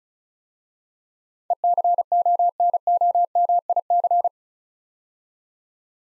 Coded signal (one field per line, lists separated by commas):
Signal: Morse code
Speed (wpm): 33 wpm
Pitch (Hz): 700 Hz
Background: none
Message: ECONOMIC